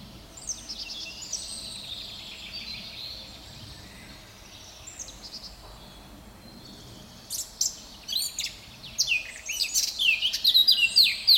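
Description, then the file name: Eurasian blackcap warbling quietly at first, then breaking into louder clear whistles and rapid chattering notes toward the end. "Sylvia atricapilla"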